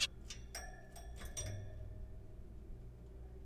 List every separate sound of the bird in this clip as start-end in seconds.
0.01-0.07